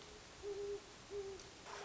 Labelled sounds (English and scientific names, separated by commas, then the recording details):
Great Horned Owl (Bubo virginianus)
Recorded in Sonoma County, California